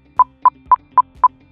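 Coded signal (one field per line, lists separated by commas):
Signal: beep code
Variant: Starkey hearing aid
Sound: five quick short mid-pitched beeps in rapid even succession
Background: low hum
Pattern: 5 short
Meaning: Volume is at the maximum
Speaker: you're going to hear five beeps really fast right after each other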